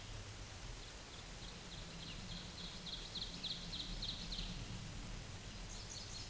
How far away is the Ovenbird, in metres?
about 75 m